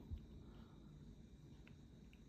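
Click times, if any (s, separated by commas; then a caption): none. The other plastic half of a Renault Clio, Megane, Master or Kangoo key fob case is picked up and lined up with the first half, ready to be pressed together. Only small handling ticks are heard, near 1.7 s and 2.1 s, over a low steady background hum. The case has not clicked together yet.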